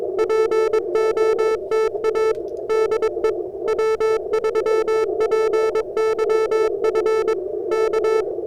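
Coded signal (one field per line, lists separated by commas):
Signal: Morse code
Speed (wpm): 22 wpm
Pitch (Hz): 440 Hz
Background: music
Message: POTA DE W3PYF K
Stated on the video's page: Morse sent on a BaMakey TP-III portable paddle.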